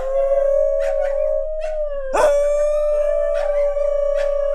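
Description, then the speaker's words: New Guinea singing dog howling, a sustained, steady, melodic tone that wavers slightly, with a brief break near the middle. Haunting vocalization unlike anything else; melodic when two or more dogs sing together. "And when you get two or more of them together, it's melodic."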